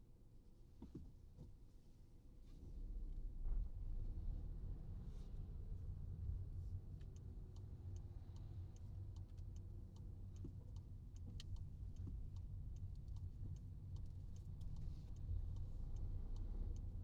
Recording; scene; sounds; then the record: everyday scene through a hearing-aid microphone; in a vehicle; engine, rumble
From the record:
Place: Skoda Fabia, gasoline engine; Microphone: in the ear canal, right